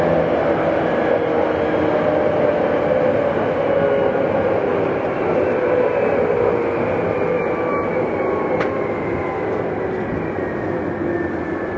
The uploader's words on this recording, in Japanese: 東急8500系 表参道〜あざみ野。東京メトロ→東急区間の録音です。